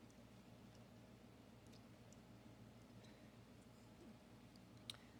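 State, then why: Seated. A crimped wire terminal is lined up and pushed into the second-from-bottom cavity of a Suburban furnace harness connector, being moved to convert the furnace to a modern fan control board. A few soft clicks come while the terminal is lined up, then a sharp click at 4.9 s as its locking tab latches. The terminal is locked into place in the connector housing.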